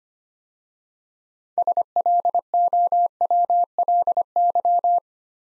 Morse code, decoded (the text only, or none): SLOWLY